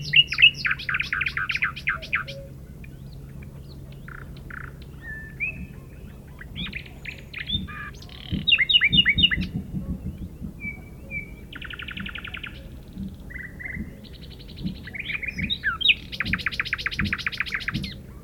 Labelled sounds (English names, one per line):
Common Nightingale song